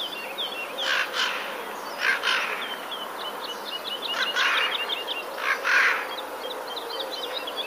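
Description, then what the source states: Eurasian jay uttering rough doubled rasps in a loose series, while small birds chirp and twitter busily in the background throughout. Warning calls; recorded 7 April 2019.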